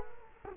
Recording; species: mosquito wingbeat signal from an infrared sensor; Culex quinquefasciatus